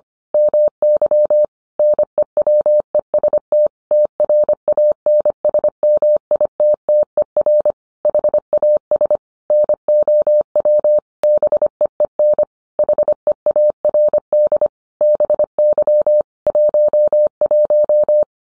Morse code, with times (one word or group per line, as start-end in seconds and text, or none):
0.3-1.4 MY
1.8-3.7 NEWEST
3.9-7.7 TRANSMITTER
8.0-9.2 HAS
9.5-11.0 NOW
11.2-12.4 BEEN
12.8-14.7 HEARD
15.0-16.2 BY
16.5-18.2 11